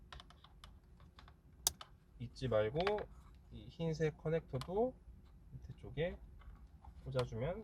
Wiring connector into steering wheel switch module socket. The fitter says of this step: 넥 터 색깔 스타일로 눌러주면 은 딸깍 하고 들어갑니다 잊지말고